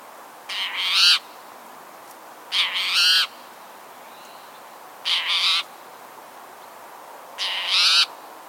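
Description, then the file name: Spotted towhee giving four raspy mew calls spaced about two and a half seconds apart, with a steady hiss behind. "Pipilo maculatus - Spotted Towhee"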